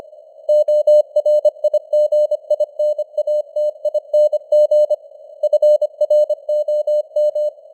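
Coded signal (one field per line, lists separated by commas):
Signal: Morse code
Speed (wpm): 25 wpm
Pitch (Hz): 600 Hz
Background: none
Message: ORIGINATING FROM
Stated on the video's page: Morse code news at 25 wpm with simulated radio noise and fading signal strength.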